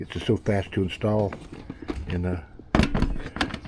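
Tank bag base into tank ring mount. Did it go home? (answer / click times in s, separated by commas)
yes / 2.8 s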